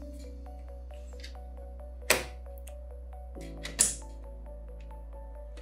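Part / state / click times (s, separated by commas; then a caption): DDR4 memory module into motherboard DIMM slot / seated / 2.1 s, 3.8 s. A DDR4 memory module is lined up in the first motherboard DIMM slot and pressed down, with music playing in the background. Sharp clicks at 2.1 s and 3.8 s are the retention clips on the left and right snapping shut. Both clips are heard, so the module is properly seated.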